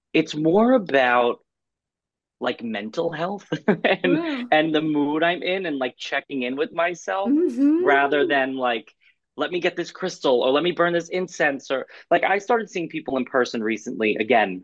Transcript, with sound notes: it's more about, like, mental health. (laughs)
Mm.
And the mood I'm in and, like, checking in with myself.
Mm-hmm.
Rather than, like, let me get this crystal or let me burn this incense or, like, I started seeing people in person recently.